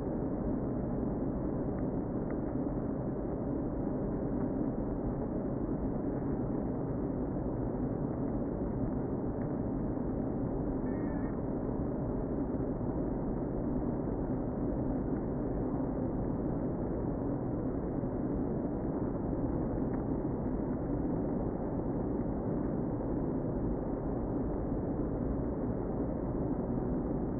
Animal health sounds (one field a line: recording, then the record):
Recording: honeybee colony, microphone inside the hive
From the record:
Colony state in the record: queen present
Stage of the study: before two queens were removed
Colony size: about 60,000 bees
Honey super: yes